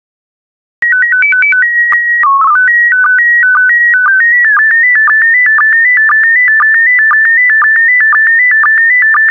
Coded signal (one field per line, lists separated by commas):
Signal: SSTV (slow-scan television)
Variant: PD 120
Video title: 166052 Images of Turkey SSTV PD120